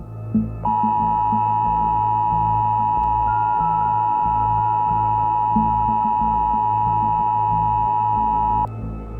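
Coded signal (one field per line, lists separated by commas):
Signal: Emergency Alert System (SAME) tones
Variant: 853 and 960 Hz attention tone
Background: music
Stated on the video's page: Fictional zombie-themed EAS scenario.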